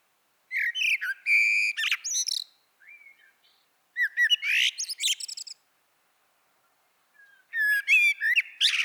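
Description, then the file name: Eurasian blackbird song with mellow whistled opening notes followed by thin, high chattering flourishes, delivered in three phrases broken by short silences; quiet background. "Turdus merula"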